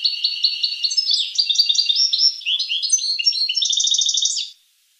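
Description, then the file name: Finch song: a high, fast series of chirped notes ending in a tight rattling trill that stops abruptly. "sing finch mouth lor"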